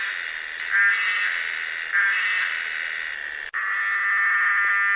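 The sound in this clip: Cicadas buzzing in a steady, high droning chorus that swells at times, with one brief break partway through.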